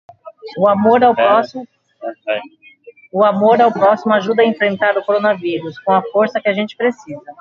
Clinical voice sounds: spoken sentence; Brazilian Portuguese; female; 50 to 59 years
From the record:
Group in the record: control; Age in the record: 52 years

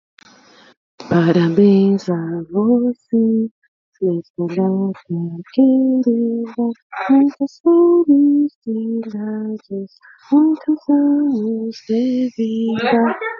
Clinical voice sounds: short text; Brazilian Portuguese; female; 40 to 49 years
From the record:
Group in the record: control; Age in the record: 46 years

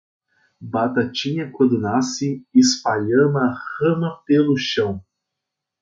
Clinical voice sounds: short text; Brazilian Portuguese; male; 30 to 39 years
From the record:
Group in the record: control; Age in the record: 33 years

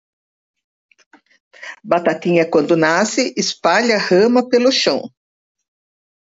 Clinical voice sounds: short text; Brazilian Portuguese; female; 60 to 69 years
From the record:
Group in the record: control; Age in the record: 67 years

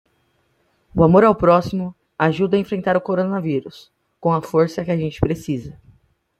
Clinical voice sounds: spoken sentence; Brazilian Portuguese; male; 30 to 39 years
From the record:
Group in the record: control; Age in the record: 30 years

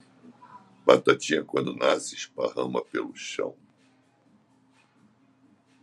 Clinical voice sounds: short text; Brazilian Portuguese; male; 70 to 79 years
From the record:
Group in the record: control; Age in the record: 70 years

